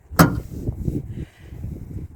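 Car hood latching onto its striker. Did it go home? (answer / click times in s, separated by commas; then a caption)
no / none. A car hood is brought down onto its striker with a loud thump at 0.2 s, followed by a faint knock near 0.9 s and a low rumbling background. The metal latch does not catch, so nothing has latched.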